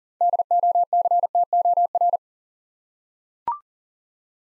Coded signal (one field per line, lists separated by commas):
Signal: Morse code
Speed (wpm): 37 wpm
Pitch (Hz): 700 Hz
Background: none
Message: DOCTOR